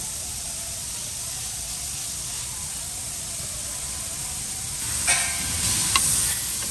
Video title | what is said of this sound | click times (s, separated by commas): ECGS Toyota 7.5" Front Differential Regear w/ Eaton E-Locker Install | if you heard the click on video that's it locked in now you'll notice | 6.0 s